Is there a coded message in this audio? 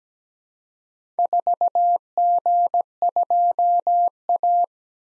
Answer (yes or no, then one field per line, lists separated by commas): yes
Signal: Morse code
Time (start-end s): 1.2-4.6 s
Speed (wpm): 17 wpm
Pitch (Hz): 700 Hz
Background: none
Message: 4G2A